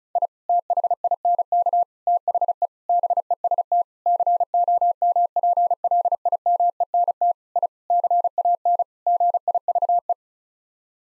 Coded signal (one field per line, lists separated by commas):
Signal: Morse code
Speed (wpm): 34 wpm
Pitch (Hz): 700 Hz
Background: none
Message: I THINK THE BEST COMPLIMENT I CAN GIVE